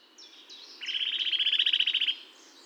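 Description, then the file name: Eurasian nuthatch trill: a fast, even run of many sharp notes lasting just over a second, with faint higher bird calls before it. "Sitta europaea"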